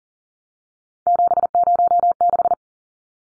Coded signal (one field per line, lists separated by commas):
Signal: Morse code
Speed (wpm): 40 wpm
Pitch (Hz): 700 Hz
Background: none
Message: 706